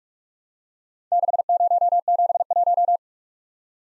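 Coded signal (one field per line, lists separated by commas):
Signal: Morse code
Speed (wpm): 52 wpm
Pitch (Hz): 700 Hz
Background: none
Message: 6071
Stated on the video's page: Morse drill of four-character letter-number groups, sent fast at 45 wpm then slowing incrementally to a base speed, with a final repeat at maximum speed.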